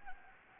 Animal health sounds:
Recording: mosquito wingbeat signal from an infrared sensor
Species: Anopheles gambiae

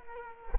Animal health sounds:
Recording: mosquito wingbeat signal from an infrared sensor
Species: Culex quinquefasciatus

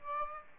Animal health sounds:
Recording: mosquito wingbeat signal from an infrared sensor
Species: Aedes aegypti

